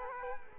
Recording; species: mosquito wingbeat signal from an infrared sensor; Culex quinquefasciatus